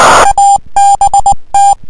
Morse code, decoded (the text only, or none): ABT